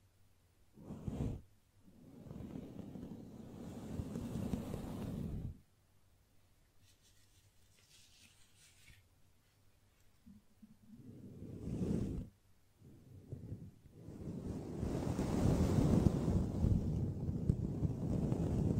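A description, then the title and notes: Gentle brushing in soft, rushing strokes that come in separate bursts: a short one near the start, a longer sweep around two to five seconds, more strokes near twelve seconds, and a steady stretch from fourteen seconds on. Quiet pauses fall between them. ASMR Gently Brushing Your Brain (No Talking).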